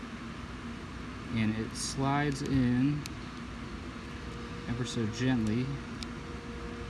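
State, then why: Seated. A micro SD card is slid gently into an action camera's card slot with its label facing up while someone talks over a low steady hum. The card clicks into place at 6.0 s with a short, sharp click, and it is seated.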